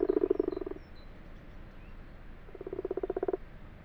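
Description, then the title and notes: Common frog gives two short purring, pulsed croak bursts separated by a pause, with faint bird notes behind. Common frogs calling in daytime in an abandoned, water-filled wash house in a field; 21 February 2020, 12:45, Fourcinet, Drôme, France; recorded binaurally on Nagra LB. "Ca roucoule dans le lavoir. 21 février 2020-12h45-Fourcinet - Drôme - Nagra LB - binaural. roucouler les Grenouilles rousses (Rana temporia)"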